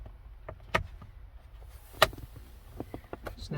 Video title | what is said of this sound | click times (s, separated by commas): Brights Come On When Turning/Multi-function Switch Replacement #suburban #yukon #tahoe #silverado | snap snap all done let's test it out | 0.8 s, 2.0 s